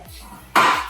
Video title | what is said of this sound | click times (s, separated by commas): What the heck is a POWER RACK? #majorlutiefitness #homeworkout | Just pop it into this hole right here, pops right into place. | 0.6 s